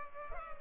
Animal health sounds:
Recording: mosquito wingbeat signal from an infrared sensor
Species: Culex pipiens

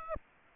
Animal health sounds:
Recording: mosquito wingbeat signal from an infrared sensor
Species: Aedes aegypti

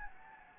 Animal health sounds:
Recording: mosquito wingbeat signal from an infrared sensor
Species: Anopheles gambiae

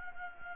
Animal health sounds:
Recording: mosquito wingbeat signal from an infrared sensor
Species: Anopheles gambiae

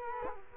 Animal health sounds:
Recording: mosquito wingbeat signal from an infrared sensor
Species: Culex quinquefasciatus

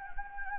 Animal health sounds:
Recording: mosquito wingbeat signal from an infrared sensor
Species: Anopheles gambiae

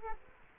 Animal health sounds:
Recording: mosquito wingbeat signal from an infrared sensor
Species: Culex quinquefasciatus

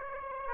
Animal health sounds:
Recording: mosquito wingbeat signal from an infrared sensor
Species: Aedes aegypti

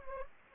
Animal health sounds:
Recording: mosquito wingbeat signal from an infrared sensor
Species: Anopheles arabiensis

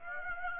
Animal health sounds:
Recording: mosquito wingbeat signal from an infrared sensor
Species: Aedes aegypti

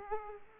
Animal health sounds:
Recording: mosquito wingbeat signal from an infrared sensor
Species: Aedes aegypti

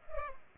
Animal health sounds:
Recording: mosquito wingbeat signal from an infrared sensor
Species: Culex pipiens

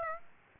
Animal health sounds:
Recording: mosquito wingbeat signal from an infrared sensor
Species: Aedes aegypti

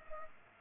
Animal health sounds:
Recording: mosquito wingbeat signal from an infrared sensor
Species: Culex pipiens

